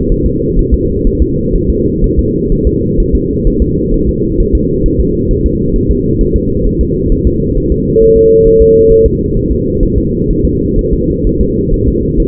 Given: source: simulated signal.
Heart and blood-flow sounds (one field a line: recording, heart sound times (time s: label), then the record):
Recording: fetal heart sounds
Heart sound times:
0.12 s: S1
0.26 s: S2
0.59 s: S1
0.74 s: S2
1.07 s: S1
1.22 s: S2
1.56 s: S1
1.70 s: S2
2.04 s: S1
2.19 s: S2
2.52 s: S1
2.67 s: S2
3.00 s: S1
3.15 s: S2
3.47 s: S1
3.62 s: S2
3.94 s: S1
4.09 s: S2
4.40 s: S1
4.55 s: S2
4.86 s: S1
5.00 s: S2
5.31 s: S1
5.46 s: S2
5.76 s: S1
5.91 s: S2
6.21 s: S1
6.36 s: S2
6.66 s: S1
6.81 s: S2
7.12 s: S1
7.27 s: S2
7.57 s: S1
7.72 s: S2
8.02 s: S1
8.17 s: S2
8.47 s: S1
8.62 s: S2
8.92 s: S1
9.06 s: S2
9.37 s: S1
9.51 s: S2
9.83 s: S1
9.98 s: S2
10.31 s: S1
10.45 s: S2
10.79 s: S1
10.93 s: S2
11.27 s: S1
11.41 s: S2
11.74 s: S1
11.88 s: S2
12.20 s: S1
From the record:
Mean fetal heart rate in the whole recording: 130 bpm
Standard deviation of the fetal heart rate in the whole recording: 4 bpm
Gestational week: 38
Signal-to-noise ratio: -14.7 dB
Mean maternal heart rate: 72 bpm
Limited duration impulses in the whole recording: present